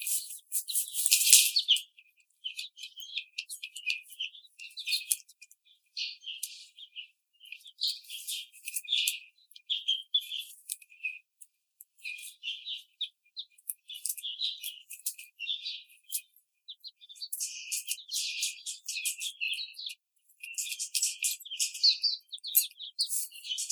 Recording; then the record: young laying hens in a cage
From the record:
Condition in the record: treatment cage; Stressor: simulated dog barking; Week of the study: 5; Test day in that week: 1